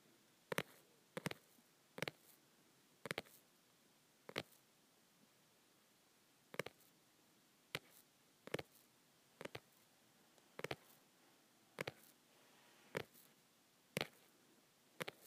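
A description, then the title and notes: Fingers tap on a softcover book in short, sharp knocks, about once a second, sometimes in quick pairs, with a gap of silence near the five-to-six second mark. Each tap is crisp and bright, and a faint steady hiss sits underneath throughout. Tapping my Softcover Books.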